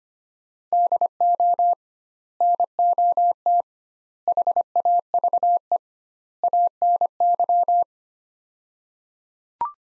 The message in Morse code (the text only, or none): DO NOT HAVE ANY